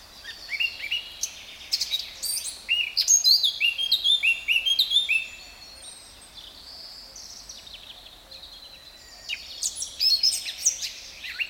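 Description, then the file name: Eurasian blackcap singing: a hurried jumble of scratchy notes turning into bright fluty whistles over several seconds, a quiet pause, then another scratchy phrase begins. "Sylvia atricapilla"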